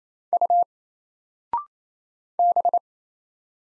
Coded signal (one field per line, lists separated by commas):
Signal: Morse code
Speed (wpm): 28 wpm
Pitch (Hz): 700 Hz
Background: none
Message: U B